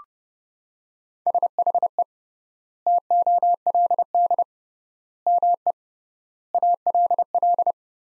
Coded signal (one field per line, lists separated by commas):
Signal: Morse code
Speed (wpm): 30 wpm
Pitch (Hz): 700 Hz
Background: none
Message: SHE TOLD ME ALL